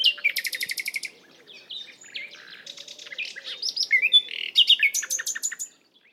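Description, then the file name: Common nightingale song: a rapid series of loud repeated clicking notes, then varied whistles, rising slurs and buzzy phrases, ending in another fast repeated burst. "Luscinia megarhynchos"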